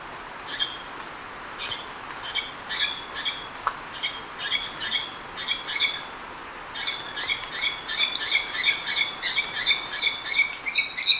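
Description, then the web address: Maroon-tailed parakeet calls: repeated harsh, screechy notes, spaced at first, then a faster stretch of chattering calls. Recorded in Ecuador. "Natures Songs S America Birds of Ecuador Maroon-tailed Parakeet"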